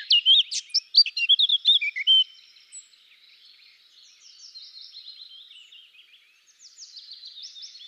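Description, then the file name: Eurasian blackcap singing a brief loud phrase of varied whistled notes, then a soft, scratchy, continuous twittering warble. "Sylvia atricapilla"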